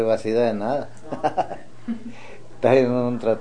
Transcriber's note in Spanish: risas